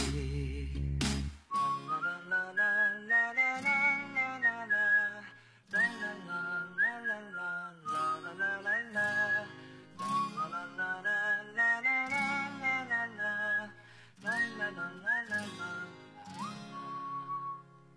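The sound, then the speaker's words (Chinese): A bright, cheerful whistled melody in a song played on Beijing Sunshine FM 98.6 radio, over a steady, bouncy instrumental backing, its phrases rising and falling in short repeated runs with no singing or talking. “好像跟着口哨的声音一起轻快起来了。”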